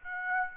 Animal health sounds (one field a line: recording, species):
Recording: mosquito wingbeat signal from an infrared sensor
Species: Aedes aegypti